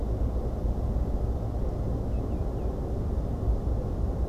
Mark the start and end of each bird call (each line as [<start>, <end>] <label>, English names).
[2.11, 2.69] Common Greenshank